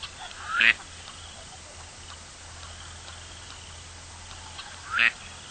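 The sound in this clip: Gadwall calls, two sharp rising nasal notes several seconds apart over a quiet background with a low steady hum.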